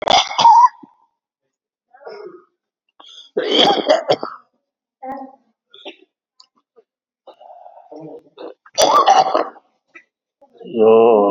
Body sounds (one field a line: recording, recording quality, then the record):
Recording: heavy voluntary cough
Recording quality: excellent, no background noise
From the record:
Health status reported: exposed to COVID-19, no respiratory illness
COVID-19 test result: negative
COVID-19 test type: RT-PCR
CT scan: taken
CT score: 5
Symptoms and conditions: cough, cold, breathing difficulty, fever, hypertension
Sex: male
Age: 60 years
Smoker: no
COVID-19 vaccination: both doses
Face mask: not worn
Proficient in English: no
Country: India